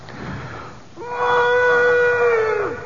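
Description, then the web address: Moose call: one steady nasal moan held for nearly two seconds, dropping in pitch at the end. "great audio moose"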